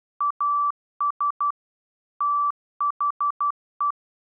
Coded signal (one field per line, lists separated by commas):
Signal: Morse code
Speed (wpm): 12 wpm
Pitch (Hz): 1160 Hz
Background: none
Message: AS THE